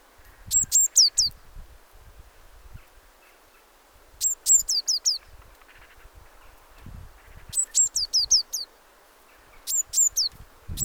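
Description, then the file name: Eurasian blue tit calls: two sharp high notes followed by three or four quick downward hooks, repeated four times, with low rumbling thumps in the background. "Cyanistes caeruleus"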